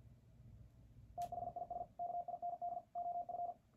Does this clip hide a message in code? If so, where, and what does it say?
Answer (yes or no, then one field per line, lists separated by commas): yes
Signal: Morse code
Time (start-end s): 1.2-3.5 s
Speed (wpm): 50 wpm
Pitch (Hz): 700 Hz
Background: none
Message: THIS KIND OF